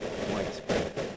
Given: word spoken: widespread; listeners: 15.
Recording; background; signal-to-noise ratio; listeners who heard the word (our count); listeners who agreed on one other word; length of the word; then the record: one English word in noise, from a listening test; noise modulated by three-talker babble; -6.8 dB; 3 of 15; 10 of 15; 0.77 s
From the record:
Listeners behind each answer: 10, 3, 1, 1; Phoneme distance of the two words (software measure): 45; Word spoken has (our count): 2 syllables, 8 phonemes, stress on syllable 1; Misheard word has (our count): 1 syllable, 3 phonemes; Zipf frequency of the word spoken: 4.00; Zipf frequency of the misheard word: 5.25